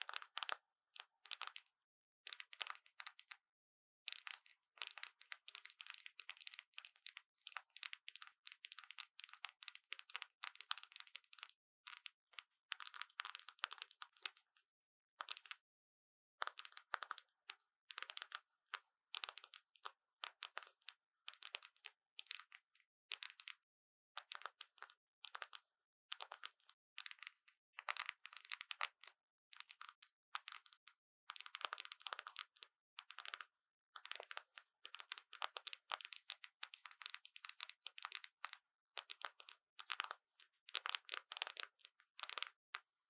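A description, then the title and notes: A syringe draws up water, making rapid popping and crackling sounds that come in dense clusters of sharp clicks. The pops are bright and thin, with no low rumble, and the bursts continue nearly nonstop, pausing briefly around fifteen seconds. The sound of the syringe absorbing water and making a popping sound.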